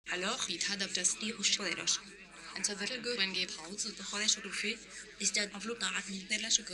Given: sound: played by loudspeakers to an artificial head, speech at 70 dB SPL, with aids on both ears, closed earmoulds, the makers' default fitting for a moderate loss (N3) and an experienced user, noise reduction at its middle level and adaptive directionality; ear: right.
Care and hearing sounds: speech test signal (ISTS) in cocktail-party noise; +6 dB; on the right (90 degrees)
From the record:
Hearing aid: class 1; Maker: H

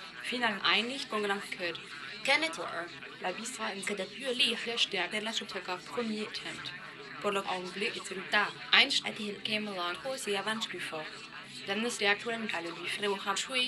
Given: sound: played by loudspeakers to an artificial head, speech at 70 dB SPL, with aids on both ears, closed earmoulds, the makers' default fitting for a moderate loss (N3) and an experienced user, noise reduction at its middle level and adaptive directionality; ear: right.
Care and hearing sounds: speech test signal (ISTS) in cocktail-party noise; +6 dB; in front (0 degrees)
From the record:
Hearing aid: class 1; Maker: E

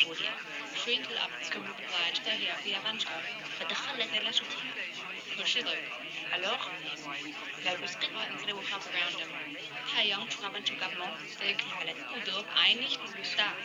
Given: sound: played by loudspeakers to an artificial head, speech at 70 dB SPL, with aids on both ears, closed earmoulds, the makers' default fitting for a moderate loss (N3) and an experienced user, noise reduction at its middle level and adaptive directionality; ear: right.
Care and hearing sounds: speech test signal (ISTS) in cocktail-party noise; 0 dB; in front (0 degrees)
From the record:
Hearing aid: class 1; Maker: G

